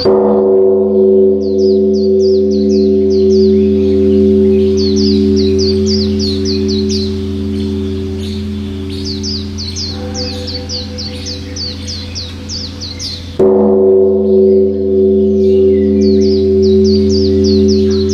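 A large temple bell hums with a deep, steady tone that slowly fades, then is struck again near the end and swells back to full strength. Above it, birds chirp in quick, bright bursts every few seconds throughout.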